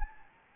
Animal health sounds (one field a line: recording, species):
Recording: mosquito wingbeat signal from an infrared sensor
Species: Anopheles gambiae